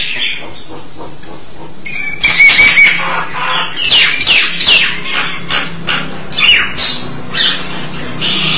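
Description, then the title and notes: Starling song: quiet chatter at first, then loud rising and falling whistles mixed with harsh squawks in quick irregular phrases. "suara burung jalak"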